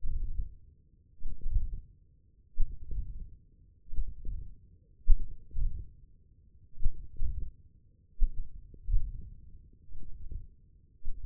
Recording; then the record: forearm muscle sounds (acoustic myography)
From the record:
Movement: tripod grip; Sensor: system 1, eight BSWA MPA416 microphones around the upper forearm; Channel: 4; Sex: male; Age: 20 years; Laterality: left